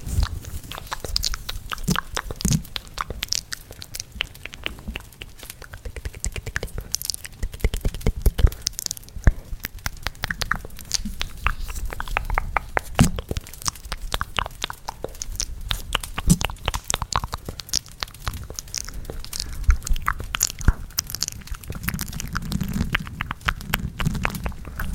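Intense mouth sounds over a fireplace: dense, wet clicks and crunchy chewing snaps pile up continuously across the whole clip, sharp and bright. Beneath them runs a steady low rumble and crackle from the fire, swelling a little louder near the end.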